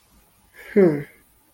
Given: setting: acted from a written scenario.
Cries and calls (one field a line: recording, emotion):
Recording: vocal sound without words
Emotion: guilt